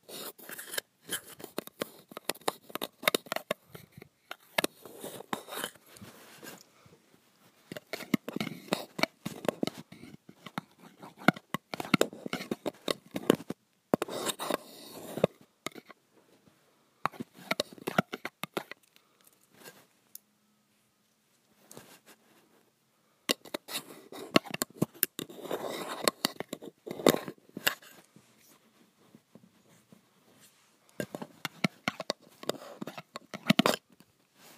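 Graphite scraping on metal in quick bursts of gritty, scratchy strokes, some bright and hissing, others duller. The scribbling comes in clusters with brief breaks, and a longer silence around 19 to 23 seconds holds only a faint low hum before the strokes resume.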